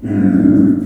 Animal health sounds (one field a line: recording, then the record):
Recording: squeal of a Yucatan mini pig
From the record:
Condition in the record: after surgery on the right vocal fold (resection and tissue-engineered implant)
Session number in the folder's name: 4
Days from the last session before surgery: 26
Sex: female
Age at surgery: 19 weeks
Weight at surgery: 25 kg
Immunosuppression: prednisolone